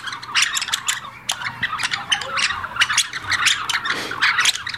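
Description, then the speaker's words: European starling flock chattering: crowded, overlapping squeaks, clicks and harsh notes, rising and falling in loudness throughout. A flock of starlings calling together. "A bunch of starlings together sound like this."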